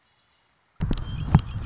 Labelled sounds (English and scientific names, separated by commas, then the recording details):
Red-winged Blackbird (Agelaius phoeniceus)
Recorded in Sonoma County, California